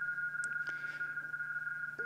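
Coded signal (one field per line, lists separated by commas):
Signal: RTTY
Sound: continuous two-tone warble near 1.5 kHz with a few clicks and low hum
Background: mains hum, clicks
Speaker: now transmitting with digital gain three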